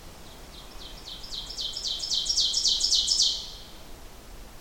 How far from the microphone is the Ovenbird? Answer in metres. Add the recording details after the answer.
about 10 m. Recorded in boreal forest in Alberta, Canada, on 14 June 2016 at 07:23. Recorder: SongMeter 3, array SBT-3-33. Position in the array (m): 100 m, 139 m. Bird 21